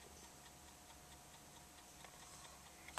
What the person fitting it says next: okay there it goes popped